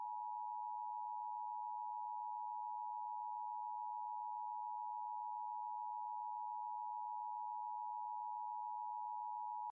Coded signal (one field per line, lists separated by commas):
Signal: Emergency Alert System (SAME) tones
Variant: 853 and 960 Hz attention tone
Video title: LIVE AM/MW DX: DX Central Live - S. 4, Ep. 15 | Friday, April 19, 2024